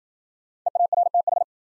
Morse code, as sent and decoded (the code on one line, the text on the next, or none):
. .- .-. - ....
EARTH